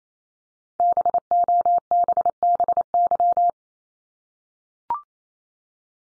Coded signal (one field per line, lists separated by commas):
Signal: Morse code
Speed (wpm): 28 wpm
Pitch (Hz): 700 Hz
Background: none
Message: BOBBY